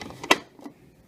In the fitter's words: you hear that click you're good